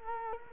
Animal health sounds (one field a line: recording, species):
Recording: mosquito wingbeat signal from an infrared sensor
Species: Culex quinquefasciatus